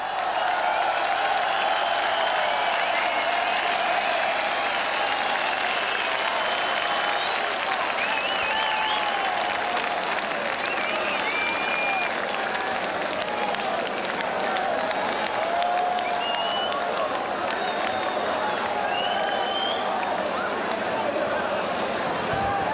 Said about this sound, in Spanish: ¡Un aplauso para! ¡Para! ¡Para!